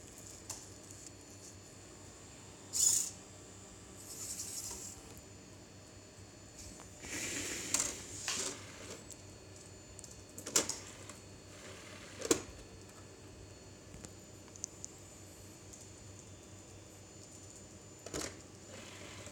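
A prototype automatic CD ripping machine runs with a steady low hum underneath. Irregular mechanical bursts cut through it: hissing whirs and sharp clicks near 3, 4.5, 7 to 8, 10.5, 12.5 and 18.5 seconds, with quieter ticks scattered between.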